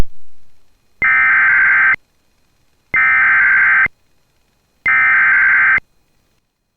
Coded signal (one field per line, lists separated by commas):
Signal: Emergency Alert System (SAME) tones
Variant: header bursts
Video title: THIS CAP WON'T BREAK... || EAS Alerts from June 18, 2024 (EAS #2,852-2,868)